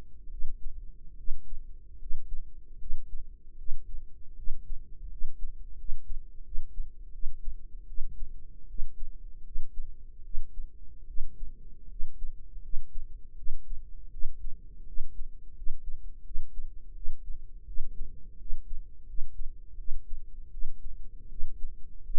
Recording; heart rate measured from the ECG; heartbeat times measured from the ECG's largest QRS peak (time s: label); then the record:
heart sounds by microphone in the right ear; 80 bpm
0.28 s: heartbeat
1.15 s: heartbeat
1.97 s: heartbeat
2.77 s: heartbeat
3.55 s: heartbeat
4.34 s: heartbeat
5.07 s: heartbeat
5.75 s: heartbeat
6.42 s: heartbeat
7.10 s: heartbeat
7.84 s: heartbeat
8.65 s: heartbeat
9.42 s: heartbeat
10.21 s: heartbeat
11.04 s: heartbeat
11.86 s: heartbeat
12.60 s: heartbeat
13.34 s: heartbeat
14.09 s: heartbeat
14.83 s: heartbeat
15.53 s: heartbeat
16.22 s: heartbeat
16.92 s: heartbeat
17.64 s: heartbeat
18.36 s: heartbeat
19.04 s: heartbeat
19.75 s: heartbeat
20.49 s: heartbeat
21.27 s: heartbeat
22.01 s: heartbeat
From the record:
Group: healthy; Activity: cold pressor test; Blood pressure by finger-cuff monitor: 119/70 mmHg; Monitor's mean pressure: 86 mmHg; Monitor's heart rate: 80 bpm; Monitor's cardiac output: 7.2 L/min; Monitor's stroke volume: 90 mL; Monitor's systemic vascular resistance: 900 dyn s/cm5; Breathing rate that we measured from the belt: 18 breaths a minute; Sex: female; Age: 23 years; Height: 160 cm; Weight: 50.4 kg